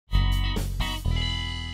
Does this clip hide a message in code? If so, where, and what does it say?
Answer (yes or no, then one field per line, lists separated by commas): no